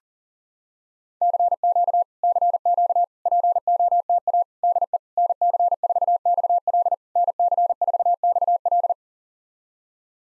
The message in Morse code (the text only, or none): CQ CQ POTA DE NC4XL NC4XL